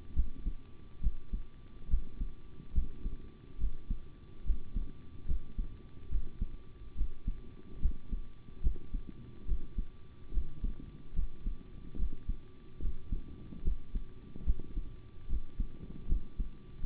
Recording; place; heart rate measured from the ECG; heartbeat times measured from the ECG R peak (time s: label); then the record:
heart sounds by stethoscope; between the tricuspid and mitral areas; 72 bpm
0.14 s: heartbeat
1.01 s: heartbeat
1.89 s: heartbeat
2.73 s: heartbeat
3.58 s: heartbeat
4.44 s: heartbeat
5.26 s: heartbeat
6.09 s: heartbeat
6.95 s: heartbeat
7.80 s: heartbeat
8.61 s: heartbeat
9.46 s: heartbeat
10.32 s: heartbeat
11.14 s: heartbeat
11.97 s: heartbeat
12.80 s: heartbeat
13.63 s: heartbeat
14.44 s: heartbeat
15.27 s: heartbeat
16.07 s: heartbeat
16.81 s: heartbeat
From the record:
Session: rest, sitting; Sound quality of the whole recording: good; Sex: male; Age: 25 years